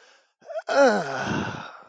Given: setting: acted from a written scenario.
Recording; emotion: vocal sound without words; ecstasy